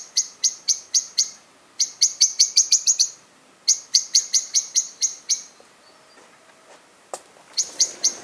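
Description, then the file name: Common blackbird, repeated bursts of hard, clicking chink calls delivered quickly, with a short quiet stretch before a final few notes. "Turdus merula"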